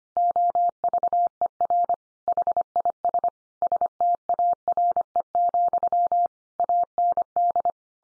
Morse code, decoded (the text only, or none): OVER HIS STARE, AND